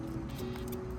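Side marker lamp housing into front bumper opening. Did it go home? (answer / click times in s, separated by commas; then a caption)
no / none. A new smoked side marker lamp housing for an FK7 Civic is handled and slid forward into the front bumper opening, where its plastic clip is meant to snap in. Steady background music plays throughout, with a brief louder low-frequency bump right at the end around 1.0 s. Nothing has seated or clicked yet.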